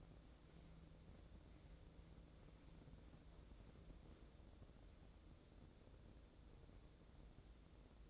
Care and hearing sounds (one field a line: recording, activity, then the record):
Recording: daily activity, microphone in the room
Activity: wipe stove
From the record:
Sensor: 3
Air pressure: 1012.3 hPa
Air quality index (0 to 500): 174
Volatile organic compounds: 3 ppm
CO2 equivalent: 1332 ppm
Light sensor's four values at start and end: 602/1496/618/632 and 603/1497/618/632